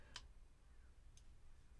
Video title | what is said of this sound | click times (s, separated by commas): LIVE VLOG - Showing off some new products | There we go, it's just clicked into place. | 0.2 s